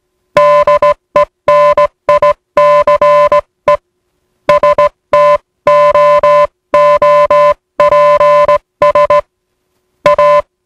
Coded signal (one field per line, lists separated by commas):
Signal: Morse code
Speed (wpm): 18 wpm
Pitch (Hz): 590 Hz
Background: music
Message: DENICE STOOPS A